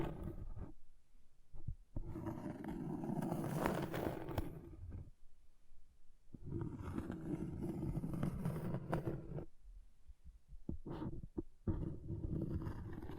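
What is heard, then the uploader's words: An object scratches in long, coarse rasping strokes, the loudest running from about 2 to 5 seconds and again from 6.5 to 9.5 seconds. Each stroke sounds gritty and rumbling with a low growl-like quality, separated by quieter gaps holding short scrapes and clicks. ASMR Brain Melting Object Scratching (No Talking).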